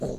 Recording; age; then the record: pig call; piglet (1 to 25 days)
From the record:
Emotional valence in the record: negative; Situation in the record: long isolation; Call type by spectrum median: low-frequency call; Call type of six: low-frequency stable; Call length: 0.19 s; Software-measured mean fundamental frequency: 60 Hz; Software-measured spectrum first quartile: 186 Hz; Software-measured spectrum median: 390 Hz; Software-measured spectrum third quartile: 601 Hz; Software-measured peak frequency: 461 Hz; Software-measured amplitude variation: 114 dB a second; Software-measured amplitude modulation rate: 18.6 a second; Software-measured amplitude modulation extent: 6.1 dB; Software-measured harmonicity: 0.7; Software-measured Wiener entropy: -0.22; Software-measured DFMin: 965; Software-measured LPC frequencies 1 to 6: 540, 1489, 2797, 4184, 5918, 6492 Hz